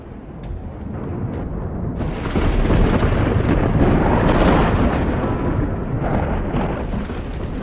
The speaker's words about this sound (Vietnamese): tức khắc một đạo lôi đình từ trên không trung rít gào theo cánh tay của Bạch Tử Cống, bổ thẳng tới bầy yêu ở trước mặt